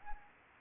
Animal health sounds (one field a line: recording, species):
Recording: mosquito wingbeat signal from an infrared sensor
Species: Anopheles arabiensis